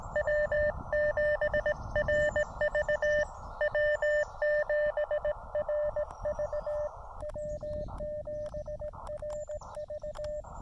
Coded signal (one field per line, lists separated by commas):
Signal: Morse code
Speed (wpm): 18 wpm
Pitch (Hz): 590 Hz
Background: none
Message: W7RV W7RV W7RV